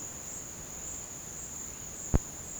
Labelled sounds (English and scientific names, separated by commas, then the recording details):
none
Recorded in pastures near Puerto Asís, Putumayo, Colombia, on 23 June 2025 at 12:30
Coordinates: 0.496, -76.326
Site GP01